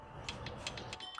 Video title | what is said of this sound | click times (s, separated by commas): F-150 4WD Actuators - Ep #2 | these things if you've never used before they make a nice satisfying click when it gets tight enough | 0.7 s